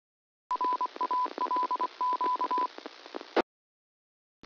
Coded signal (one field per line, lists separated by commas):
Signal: Morse code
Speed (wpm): 24 wpm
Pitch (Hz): 1000 Hz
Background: none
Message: RALQ